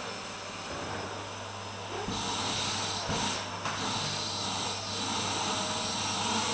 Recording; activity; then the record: daily activity, microphone in the room; vacuum cleaning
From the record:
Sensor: 2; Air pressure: 995.1 hPa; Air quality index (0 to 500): 50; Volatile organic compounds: 1 ppm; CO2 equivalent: 782 ppm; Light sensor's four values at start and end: 15/50/19/18 and 16/50/19/19